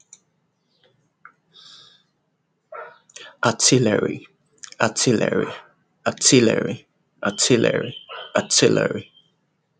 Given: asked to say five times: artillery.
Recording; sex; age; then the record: repeated word; male; 20 to 29 years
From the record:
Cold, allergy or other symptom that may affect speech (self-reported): no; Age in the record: 26 years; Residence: Ohio, United States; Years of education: 18